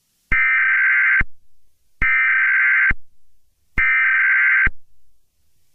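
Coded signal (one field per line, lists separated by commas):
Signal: Emergency Alert System (SAME) tones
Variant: header bursts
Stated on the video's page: Simulated EAS scenario, not a real alert.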